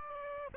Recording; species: mosquito wingbeat signal from an infrared sensor; Aedes aegypti